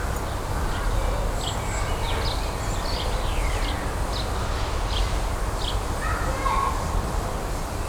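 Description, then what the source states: Birds calling, with a run of short, sharp high chirps and a few downslurred notes, set against constant low traffic noise. City garden.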